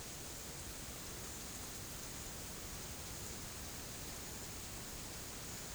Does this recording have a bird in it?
no